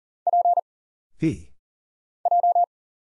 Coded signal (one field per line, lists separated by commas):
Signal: Morse code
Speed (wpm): 39 wpm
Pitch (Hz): 700 Hz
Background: none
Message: P J